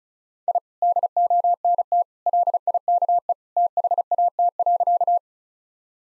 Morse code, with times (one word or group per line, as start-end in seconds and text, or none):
0.5-0.6 I
0.8-2.0 DONT
2.3-3.3 LIKE
3.6-5.2 THAT.